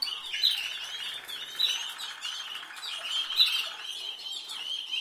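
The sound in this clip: Canary song: a long run of fast, buzzy rolling trills with brief bright notes breaking through, continuing without pause.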